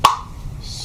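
During an oil change on a 2011 Audi Q5 3.2L V6, the oil filter element is pressed into the plastic filter housing cap and snaps into place with one sharp, loud click at 0.1 s. After the click, only a low, quiet background remains, and the element is seated.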